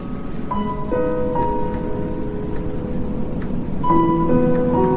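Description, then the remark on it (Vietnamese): Rain begins pouring down as a storm builds, a dense, even hiss that swells slightly toward the end, with soft sustained tones drifting over it and no voices. “Và lúc này, trời bắt đầu đổ mưa, đất trời chuyển cơn dần dữ.”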